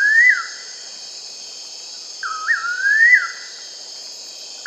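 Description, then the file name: Bird whistles: a falling note, then one full phrase of rising glides after a pause, with a steady high background hiss. "SABIOD 50 bird 2015"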